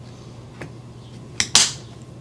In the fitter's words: Swing your trigger guard in. Hear it snap.